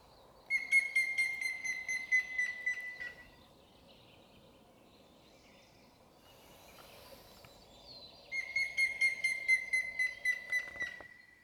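Grey-headed woodpecker calling twice: each series of pure whistled notes dips gently in pitch and weakens toward its end, with steady background hiss between the two series.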